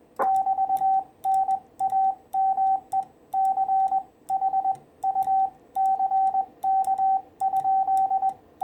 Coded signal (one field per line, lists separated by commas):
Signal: Morse code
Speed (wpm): 19 wpm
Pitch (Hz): 770 Hz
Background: none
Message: <BT>NAME CHUCK?